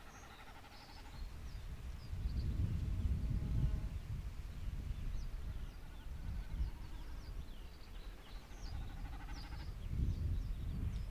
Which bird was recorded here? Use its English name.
Common Snipe